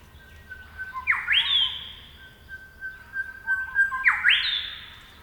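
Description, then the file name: Grey shrike-thrush with two strong rising whistles about three seconds apart, each preceded by a soft lower note. "Colluricincla Harmonica"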